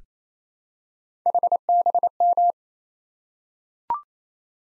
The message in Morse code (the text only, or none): HBM